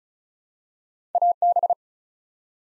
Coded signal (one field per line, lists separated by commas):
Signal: Morse code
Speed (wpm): 36 wpm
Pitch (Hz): 700 Hz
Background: none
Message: AB